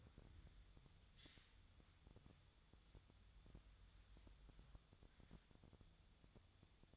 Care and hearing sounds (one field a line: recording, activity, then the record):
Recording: daily activity, microphone in the room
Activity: wipe stove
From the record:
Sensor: 3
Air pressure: 1004.8 hPa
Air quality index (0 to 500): 75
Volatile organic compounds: 2 ppm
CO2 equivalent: 1132 ppm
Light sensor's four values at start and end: 8/19/8/7 and 8/19/8/7